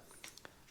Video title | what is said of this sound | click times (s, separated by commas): Ravemen K700 Smart LED Bike Headlight Review - feat. Ambient Light Sensor + 700 Lumen + USB-C | I slide it on really nice click | 0.5 s